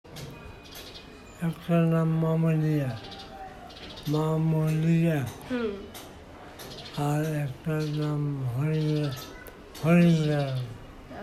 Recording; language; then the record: elicited speech; Bengali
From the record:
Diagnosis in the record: Broca's or global aphasia after a stroke